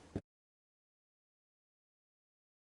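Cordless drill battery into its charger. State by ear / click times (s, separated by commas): seated / 0.2 s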